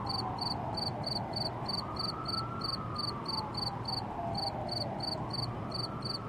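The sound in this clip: Cricket giving quick repeated chirps in a steady rhythm while a rising and falling whine runs underneath.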